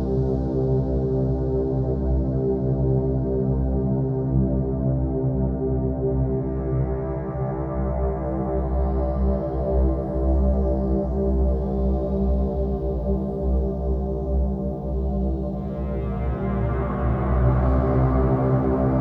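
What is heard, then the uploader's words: Binaural beats hum as a steady, dense layer of low stacked tones, with brighter shimmering textures rising and shifting midway and near the end. Binaural Beats for headache relief.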